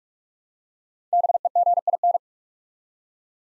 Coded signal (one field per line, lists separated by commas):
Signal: Morse code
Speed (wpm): 44 wpm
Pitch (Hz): 700 Hz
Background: none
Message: BEGIN